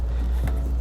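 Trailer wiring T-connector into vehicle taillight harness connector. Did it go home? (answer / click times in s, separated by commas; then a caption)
yes / 0.5 s. On a 2019 Nissan Rogue, the passenger side T-connector from a trailer wiring kit, identified by its green color, is plugged into the vehicle's taillight harness connector with plastic housings. Over a steady low hum, a short sharp click is heard at 0.5 s as the connector seats, leaving it nice and tight.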